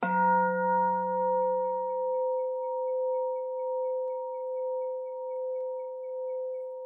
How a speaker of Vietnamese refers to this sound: Mời quý Phật tử nghe chuông, trở về hơi thở, mỉm cười lên coi.